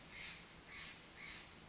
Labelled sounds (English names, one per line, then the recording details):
Steller's Jay
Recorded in Sonoma County, California